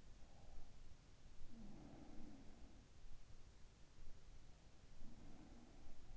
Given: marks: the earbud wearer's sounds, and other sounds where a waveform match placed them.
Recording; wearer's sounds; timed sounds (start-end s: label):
sounds in sleep by an in-ear microphone; breath
0.19-0.74 s: breath
1.30-3.44 s: sound from someone else or the room
4.90-6.17 s: sound from someone else or the room